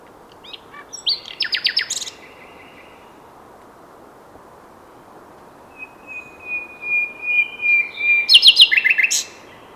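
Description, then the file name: Common nightingale song: a brisk burst of repeated notes, a pause, then soft piping whistles swelling steadily louder into a rapid emphatic series. "Luscinia megarhynchos"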